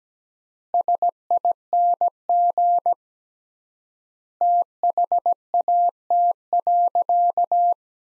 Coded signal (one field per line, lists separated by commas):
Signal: Morse code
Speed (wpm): 17 wpm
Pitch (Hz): 700 Hz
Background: none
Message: SING THAT.